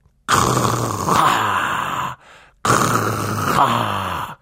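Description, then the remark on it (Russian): A voice imitates loud snoring: two long, raspy, rumbling snores, each about two seconds, separated by a brief quiet breath, with a low growling pitch throughout. “Ты сам начнешь храпеть, да как можно громче, вот так.”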